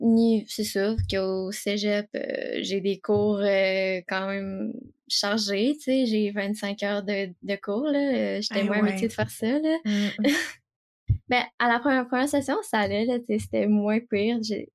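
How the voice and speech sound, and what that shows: An 18-year-old woman, a college (cégep) student, talks in Quebec French about her course load. Her speech is mostly fluent, with a few stretched vowel sounds and a brief repeated syllable ("de… de"). These are mild stuttering moments; she has stuttered since diagnosis at about age 4, and it is currently going relatively well, with occasional harder periods.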